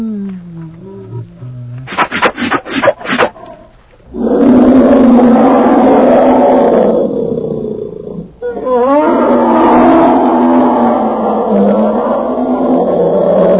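Bear roaring: a few short rough huffs, then two long, loud, harsh roars, each lasting several seconds.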